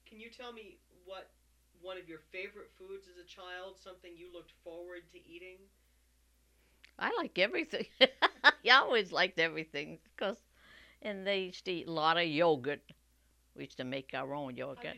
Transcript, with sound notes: Can you tell me what one of your favorite foods as a child, something you looked forward to eating?
I like everything. ( she laughs ) I always liked everything. And they used to eat a lot of yogurt. We used to make our own yogurt.